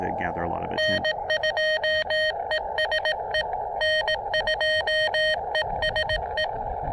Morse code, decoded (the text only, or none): N2ESE N2ESE